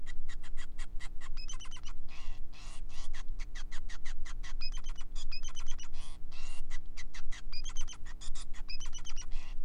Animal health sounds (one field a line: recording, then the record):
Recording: song of a male Bengalese finch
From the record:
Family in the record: son of father 5